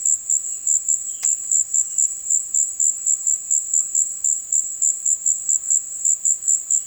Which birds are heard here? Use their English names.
Violaceous Jay